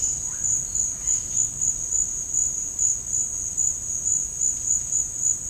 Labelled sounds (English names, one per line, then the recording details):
Yellow-rumped Cacique
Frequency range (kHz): Yellow-rumped Cacique 0.4-5.8 kHz
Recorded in dense forest near Puerto Asís, Putumayo, Colombia, on 27 June 2025 at 14:30
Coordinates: 0.481, -76.323
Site G072